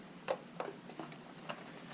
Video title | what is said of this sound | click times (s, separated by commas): Replacing the Mirrors on a Honda Pacific Coast PC800 Motorcycle | And rotate it back in place, and you heard that little click. It kind of clicks in to lock it. | 0.6 s